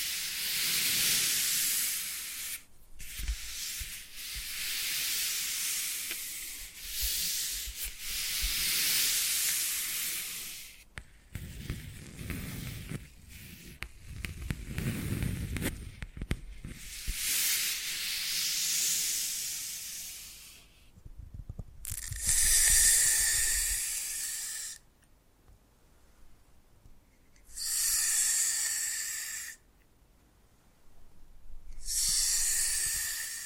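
Foam being massaged makes soft, hissing rubs in long, continuous strokes, then breaks into shorter separated swipes with brief silences near the end.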